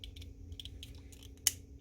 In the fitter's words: push like that and it goes up you heard it pop right this one the same way push up